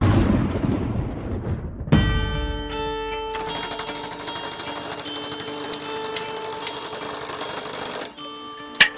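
Metro construction machinery noise: a low rumbling start gives way to a loud, steady mechanical whine with strong droning tones that holds for several seconds, then briefly cuts and returns, with no talking.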